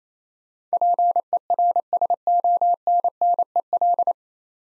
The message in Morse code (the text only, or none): PERSONNEL